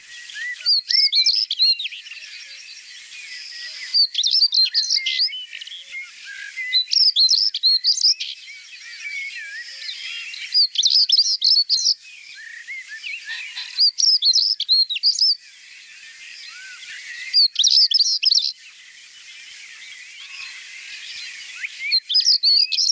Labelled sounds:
European Stonechat (Saxicola rubicola) song
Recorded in the wild
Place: Waltershofen / Freiburg im Breisgau, Baden-Württemberg, DE
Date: 1979-05-10
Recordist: Schwarz, Dieter
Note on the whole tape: Song

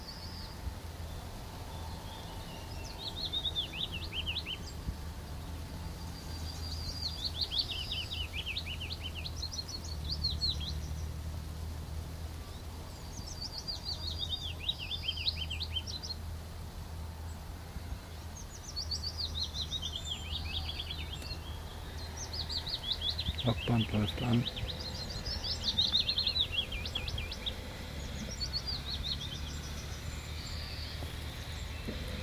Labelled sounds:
Willow Warbler (Phylloscopus trochilus)
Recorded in the wild
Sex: male
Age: adult
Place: Brackenheim, OT Stockheim, Baden-Württemberg, DE
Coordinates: 49.0883, 9.00917
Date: 1969-06-23 16:00
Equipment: Nagra III PH, MD 211, PES 26
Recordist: Jeserich, E. and Schneider, H.-J
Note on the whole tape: Burg Stockheim bei Besigheim (gemeint ist vermutlich Schloß Stocksberg in Stockheim). Phylloscopus trochilus trochilus "sylvestris". Auch Aufnahmen vom 30. Juni um 4:20 Uhr. 1.Aufn.: Ein Triller im Flug (Aufn.-Qualität leidlich gut.). 2. Aufn.: Gew. Gesang des gleichen Männchens. Sonagramm

